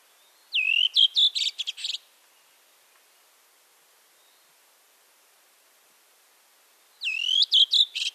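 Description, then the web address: Thrush song: two bright phrases of clear whistled notes followed by rapid buzzy chirps, separated by about five seconds of silence. "Голоса птиц Дрозд"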